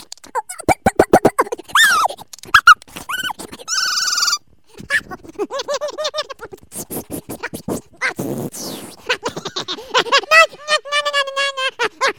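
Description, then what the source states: Squirrel calls: rapid squeaky chirps and arched whining notes in uneven bursts, with scratchy noises and brief pauses between runs. Squirrels mating.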